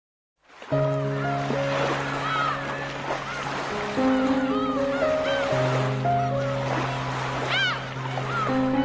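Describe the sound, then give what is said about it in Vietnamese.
Steady, continuous wash of ocean surf rolling onto a long sandy beach under a big sun with a sea breeze, layered with sustained droning musical tones and a few brief high chirping calls. “Theo tung tích đối phương để lại, Thạch Lạng đi tới một bãi biển.”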